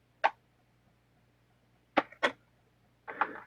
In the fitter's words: and they do lock into place I like that